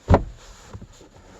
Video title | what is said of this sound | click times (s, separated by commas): VW rear Bench seat removal (vw isofix) | want to push the front back down till it clicks | 0.1 s